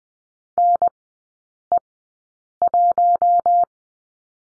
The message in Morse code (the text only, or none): NE1